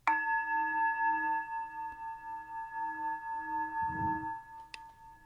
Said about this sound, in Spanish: ¿Eso es un gong de verdad o es un gong digital? ¿Dice digital? Este es un gong digital. Digital.